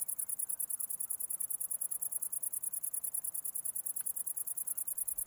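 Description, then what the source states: Cricket producing a steady, shrill pulsed trill, pulses evenly spaced with no pauses, over quiet low-level background hiss. Recorded 11 August 2009.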